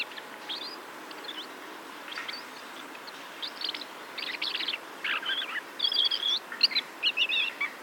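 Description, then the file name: Common blackbird calls, short scratchy notes that build into louder, denser chattering and a brief warbled phrase near the end, over a constant low hiss. "Turdus merula"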